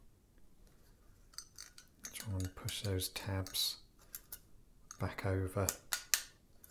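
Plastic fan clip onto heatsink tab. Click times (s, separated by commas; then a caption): 6.1 s. A plastic clip on a desktop processor fan is pushed back over a tab on the heatsink while someone talks, with small clicks and scrapes of plastic handling throughout. A loud, sharp click at 6.1 s marks the clip snapping into place, and it is seated.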